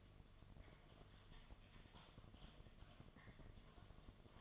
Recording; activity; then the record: daily activity, microphone in the room; typing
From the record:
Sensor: 4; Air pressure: 1005.2 hPa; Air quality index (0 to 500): 182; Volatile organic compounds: 5 ppm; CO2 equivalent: 1791 ppm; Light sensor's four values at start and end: 6/12/5/4 and 6/12/5/4